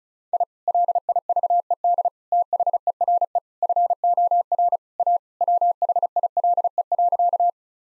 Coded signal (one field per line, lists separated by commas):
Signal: Morse code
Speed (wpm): 34 wpm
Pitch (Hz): 700 Hz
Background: none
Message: I LIVED THERE FOR A WHILE.